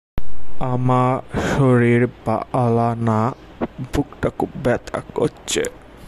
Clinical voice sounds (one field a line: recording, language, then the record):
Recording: elicited speech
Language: Bengali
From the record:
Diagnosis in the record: Broca's or global aphasia after a stroke